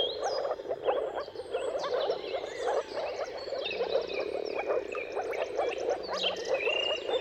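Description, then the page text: Chorus of moor frogs giving soft, rapid, bubbling calls without pause, with busy birdsong of whistles and chirps layered above. Mating chorus of many moor frogs at sunrise at the turn of March and April, timing depending on the weather. "Jakub-Orzecki moor frogs. Dawn’s Chorus: Mating Calls of Marsh Frogs at Sunrise. Depending on the weather at the turn of March and April, you can witness an amazing spectacle of moor frogs"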